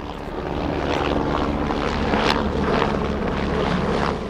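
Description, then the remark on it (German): A helicopter's engine and rotor make a steady, loud mechanical drone with a low throbbing hum and hissing turbine wash at the Eurocopter helicopter landing pad in Ottobrunn, holding even for about four seconds with no voices. “Das ist der Hubschrauberlandeplatz von Eurocopter, hier am Standort Ottobrunn schon seit vielen, vielen Jahrzehnten.”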